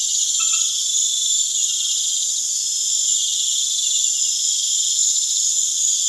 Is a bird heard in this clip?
no